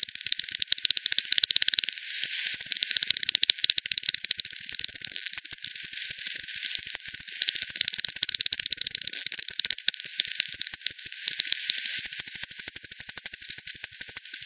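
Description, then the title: Bats ticking in fast, steady pulse trains across the whole stretch, clicks sometimes speeding into rattling runs over a soft background hiss. Multiple bats at Hogsmill River, Hogsmill Lane, 7 October 2020, 18:10; frequency-divided by ten, bandpass filtered and resampled. "WW bat 20201007 T 18 : 10 Z-Hogsmill-Lane-Hogsmill-River-multiple-bats"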